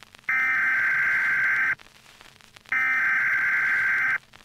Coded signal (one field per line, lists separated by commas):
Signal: Emergency Alert System (SAME) tones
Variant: header bursts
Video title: [EAS] They are waiting outside -Original